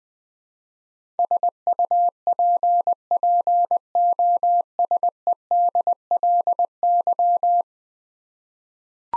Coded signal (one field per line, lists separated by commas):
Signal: Morse code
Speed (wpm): 21 wpm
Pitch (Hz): 700 Hz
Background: none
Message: SUPPOSEDLY